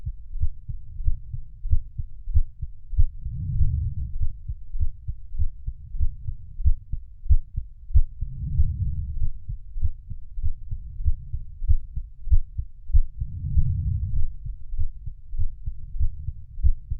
Heartbeat with deep breaths.